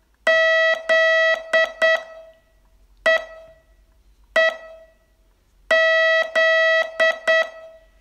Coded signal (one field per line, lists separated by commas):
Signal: Morse code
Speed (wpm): 9 wpm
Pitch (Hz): 650 Hz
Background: none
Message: Z E E Z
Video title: Learn Morse in 42 Days from VU2LAU - day 23